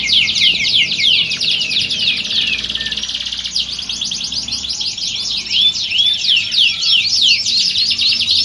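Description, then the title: Canary song, a dense, continuous run of high rapid trills and sweeping whistled notes, with rolling phrases and fast chirps layered throughout. Belgian canary; warm-up song used for singing contest training and simulation. "Canto Para Esquentar Canário Belga. Simulasi Lomba Kenari. Suara Kenari Lomba. Melatih Mental Kenari Juara"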